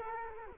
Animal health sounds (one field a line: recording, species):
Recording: mosquito wingbeat signal from an infrared sensor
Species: Culex quinquefasciatus